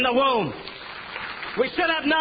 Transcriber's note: applause